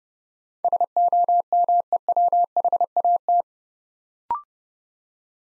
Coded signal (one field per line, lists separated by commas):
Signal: Morse code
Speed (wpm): 30 wpm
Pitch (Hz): 700 Hz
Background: none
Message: SOMEWHAT